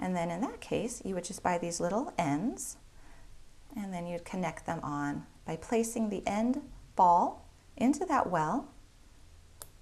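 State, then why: Seated. Someone talks while the end ball of a metal ball chain is set into the well of a small metal ball chain end connector and pulled sideways. A sharp click at 9.6 s marks the ball snapping into place, and the connector is seated.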